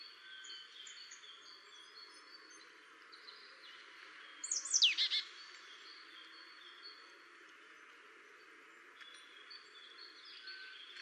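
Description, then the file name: Marsh tit gives one clear, high call that slides steeply downward, over faint background sounds. "Poecile palustris"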